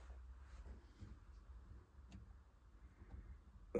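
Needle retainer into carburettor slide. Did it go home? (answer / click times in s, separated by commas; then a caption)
yes / 3.8 s. During a Honda 400 Four motorcycle carburettor rebuild, a small metal needle retainer or needle holder is slid across inside the carburettor slide and pushed down against a quiet low rumble, with a faint tick near 2.1 s. It snaps into position with a sharp, clear click at 3.8 s, and the retainer is seated.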